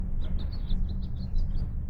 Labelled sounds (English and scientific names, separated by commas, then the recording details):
House Finch (Haemorhous mexicanus) song
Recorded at North Valley Stream on Long Island, New York, on 17 June 1975
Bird D